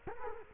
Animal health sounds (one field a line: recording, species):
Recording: mosquito wingbeat signal from an infrared sensor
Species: Culex quinquefasciatus